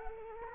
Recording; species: mosquito wingbeat signal from an infrared sensor; Culex quinquefasciatus